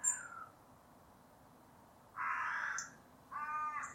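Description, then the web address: Bird uttering two drawn-out, raspy caws after a brief call at the start, with a soft high note beside each caw over quiet hiss. "cianscape. Deverinetal 2025. Bird Only"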